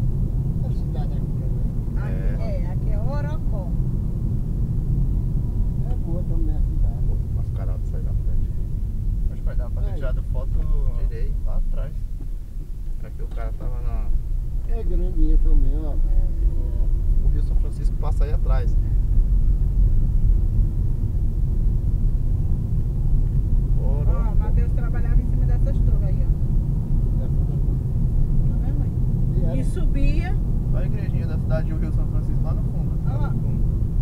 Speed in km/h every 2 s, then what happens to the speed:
50, 48, 42, 35, 29, 16, 18, 24, 30, 36, 39, 42, 46, 49, 53, 55, 56.
0-10 slows to 16. 11-29 speeds up to 55.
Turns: none.